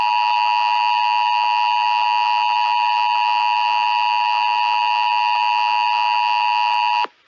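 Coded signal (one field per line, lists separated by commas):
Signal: Emergency Alert System (SAME) tones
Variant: 853 and 960 Hz attention tone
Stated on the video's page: Mock required monthly test for a fictional Mushroom Kingdom; simulated, not a real alert.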